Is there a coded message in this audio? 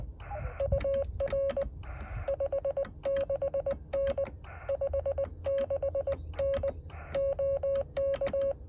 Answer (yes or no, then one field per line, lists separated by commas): yes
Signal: Morse code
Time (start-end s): 0.6-8.5 s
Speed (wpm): 20 wpm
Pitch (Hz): 550 Hz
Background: none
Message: UR 56N 56N OK